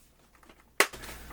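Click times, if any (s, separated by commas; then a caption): 0.8 s. The plastic tail section of a large GI Joe HasLab Dragonfly toy helicopter is pushed into the back of the fuselage until it locks. Faint handling rustles and a small tap at 0.5 s lead to a sharp, loud snap at 0.8 s, followed by softer ongoing handling noise. The tail is seated and snapped in place.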